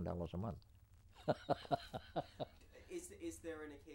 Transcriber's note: laughs